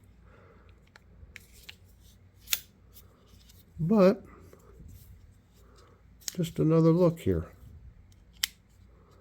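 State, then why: Seated. A folding knife blade is opened from its handle and snaps into its lock with a loud, sharp click at 8.4 s, seating firmly in place. Before that, someone talks, and small clicks and a louder tick near 2.5 s are heard in a quiet, close space.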